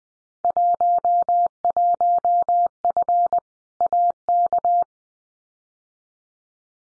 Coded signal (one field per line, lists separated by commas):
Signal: Morse code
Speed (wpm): 19 wpm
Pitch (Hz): 700 Hz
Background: none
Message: 11F AK